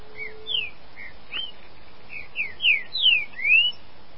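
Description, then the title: Green-winged saltator song, a few soft whistled notes followed by a louder run of slurred whistles, mostly falling, ending on an upward-sweeping note. "Trinca Ferro"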